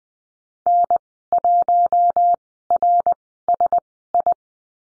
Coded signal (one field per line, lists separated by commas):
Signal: Morse code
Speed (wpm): 19 wpm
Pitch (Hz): 700 Hz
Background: none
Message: N1RSI